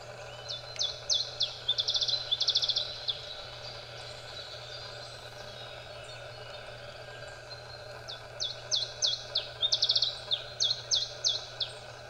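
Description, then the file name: Iberian chiffchaff song: two bursts of high, clear notes, a few spaced notes speeding into a quick repeated trill, separated by a quiet pause, with steady low background hum. "iberischer zilpzalp"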